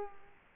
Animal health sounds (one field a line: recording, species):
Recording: mosquito wingbeat signal from an infrared sensor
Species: Culex quinquefasciatus